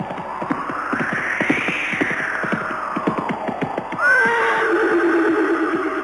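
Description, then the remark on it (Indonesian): Rapid, rhythmic hoofbeats of a galloping horse drum steadily for several seconds as it approaches, followed by a loud, shrill whinny near the end. “Akan tetapi tiba-tiba saja, mereka dikejutkan oleh derap langkah kuda yang semakin lama semakin mendekat ke arah mereka.”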